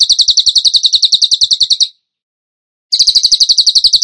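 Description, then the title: Bird: rapid high trill from a bird, about two seconds of quick repeated notes, an one-second silence, then the trill resumes. Masteran (training recording) for birds in the tembakan gacor style. "Masteran Burung Tembakan Gacor"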